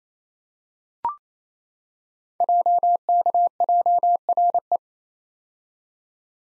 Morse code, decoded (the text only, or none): JKJRE